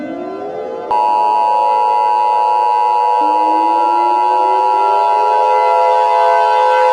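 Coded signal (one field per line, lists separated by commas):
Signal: Emergency Alert System (SAME) tones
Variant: 853 and 960 Hz attention tone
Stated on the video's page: Fictional EAS scenario using valid tones, extremely loud.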